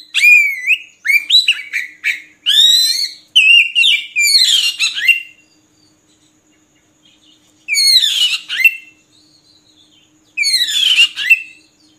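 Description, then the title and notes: Oriental magpie-robin song: a busy stretch of sweeping whistles and chatter, then silence broken by two short whistled phrases. Song used for training caged birds to sing actively day and night. "Kacer Jadi Gacor Siang Malam. Isian Kacer Durasi Panjang"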